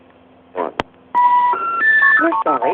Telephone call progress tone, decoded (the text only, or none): special information tone